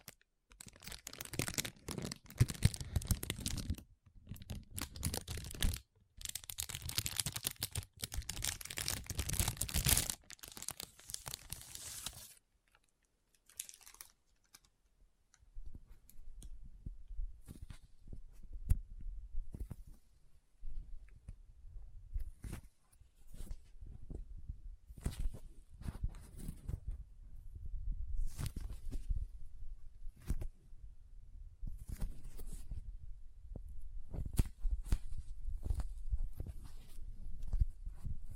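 Soft crinkling and rustling fill the first twelve seconds densely, then give way to quieter, scattered squishy taps and sticky clicks until the end.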